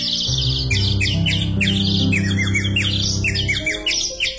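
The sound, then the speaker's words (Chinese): A nightingale sings in quick, varied high chirps and trills over a steady low musical drone, which drops away near the end while the birdsong continues. “现在人们的注意力都集中在那只人造小鸟的身上，谁也没有注意到真正的夜莺已经飞出窗户，回到它的树林里去了。”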